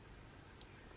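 The bottom piece of a band is slid into the lower slot of a 40 mm gold Apple Watch Series 5 case. After a steady low background, a single short, bright click sounds at 0.6 s. The second band half is securely seated in place.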